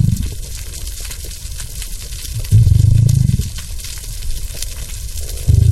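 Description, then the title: Gray whale breaths: a loud low whooshing exhalation lasting about a second, then another starting at the end, over constant rushing water noise. "Respiros_Ballena_gris"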